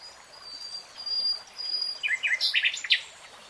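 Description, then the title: Nightingale song: a thin steady high whistle in the background, then a burst of varied chirped and rattled notes over soft hiss. "[Tiếng chim hót] REALTIME Nightingale Singing"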